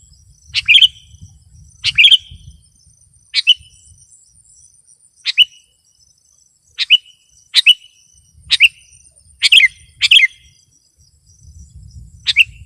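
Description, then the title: Sooty-headed bulbul singing brief chirpy phrases again and again, roughly one every second or so, each a quick burst of slurred notes, with a thin high whine behind. "kutilang"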